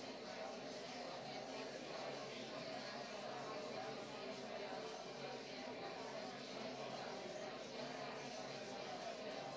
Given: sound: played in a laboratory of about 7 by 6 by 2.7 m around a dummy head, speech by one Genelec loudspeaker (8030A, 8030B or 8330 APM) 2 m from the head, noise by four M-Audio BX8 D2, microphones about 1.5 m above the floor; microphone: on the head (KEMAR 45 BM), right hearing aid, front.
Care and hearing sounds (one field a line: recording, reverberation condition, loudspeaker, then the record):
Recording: babble noise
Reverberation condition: medium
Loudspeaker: four, about 170 cm from the corners of the room and facing them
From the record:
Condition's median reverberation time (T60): about 510 ms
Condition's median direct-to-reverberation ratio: about -0.5 dB